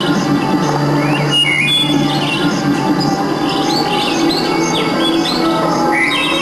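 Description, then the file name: Bird calling with short rising and falling whistled notes scattered throughout, over a steady low droning hum. "canto aves"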